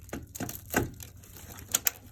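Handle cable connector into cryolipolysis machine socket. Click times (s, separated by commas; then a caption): 1.8 s, 1.9 s. The treatment handle's cable connector is inserted into its socket on a cryolipolysis machine and pushed home. After some scraping and rubbing sounds, including a louder one near 0.8 s, two short sharp clicks come at 1.8 s and 1.9 s. This means the connector has clicked in and is connected well.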